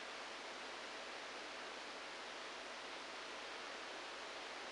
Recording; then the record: brain microelectrode recording played as sound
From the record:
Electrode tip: outside the subthalamic nucleus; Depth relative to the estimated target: 0 mm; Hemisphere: right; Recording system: NeuroSet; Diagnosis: Parkinson's disease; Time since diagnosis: 9 years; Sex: male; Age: 56 years